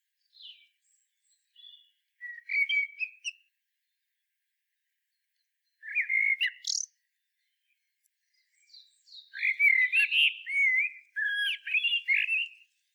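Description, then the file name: Common blackbird giving several warbling phrases of fluty, slurred notes with some higher squeaky twitters, spaced by short pauses. "Turdus merula"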